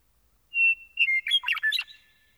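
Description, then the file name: Meadowlark delivering a single song: steady whistled opening note leading into a rapid, jumbled series of gurgling and flute-like notes, then silence. "Gordon Hempton - Meadowlark"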